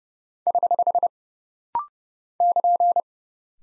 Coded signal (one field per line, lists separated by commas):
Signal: Morse code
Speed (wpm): 31 wpm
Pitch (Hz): 700 Hz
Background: none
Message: <HH> <KN>